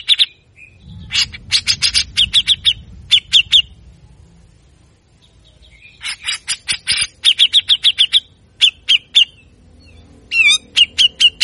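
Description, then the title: Grey-cheeked bulbul giving rapid bursts of clipped, harsh notes in several volleys separated by quiet gaps, with a low rumbling background early on. Captive-bird training song of a constantly singing, aggressive grey-cheeked bulbul giving harsh rapid bursts (besetan kasar), meant to prompt other birds to sing. "MASTERAN CUCAK JENGGOT GACOR FULL BESETAN KASAR DURASI PANJANG. Cucak Jenggot Gacor Galak Efektif Untuk Pancing Bunyi"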